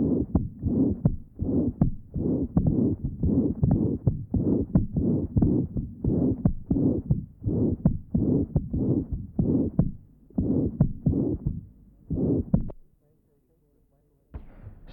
Patient has severe mitral insufficiency. Pan-systolic murmur at the mitral area and loud third sound. This recording is taken from the mitral area.